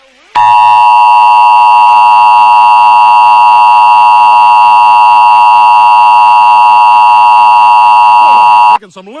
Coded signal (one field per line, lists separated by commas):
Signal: Emergency Alert System (SAME) tones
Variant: 853 and 960 Hz attention tone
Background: speech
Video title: EAS Mock - Better get inside boy